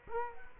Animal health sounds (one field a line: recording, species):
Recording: mosquito wingbeat signal from an infrared sensor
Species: Culex quinquefasciatus